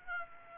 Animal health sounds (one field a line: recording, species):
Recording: mosquito wingbeat signal from an infrared sensor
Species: Aedes aegypti